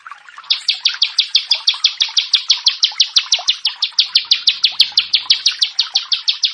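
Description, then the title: Prinia giving a fast, buzzy series of high notes, about three each second, starting after a brief quiet moment and running evenly to the end. "Ciblek Sawah 1"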